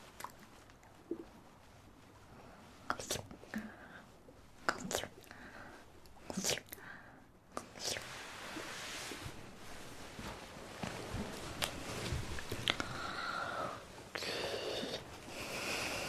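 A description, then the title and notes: Mouth sounds: sharp clicks and smacks come every second or so in the first half, a few louder pops near 3, 5 and 6.5 seconds. After about 8 seconds a breathy, hissing texture takes over, swelling and shifting with more smacks scattered through it. Mouth Sounds.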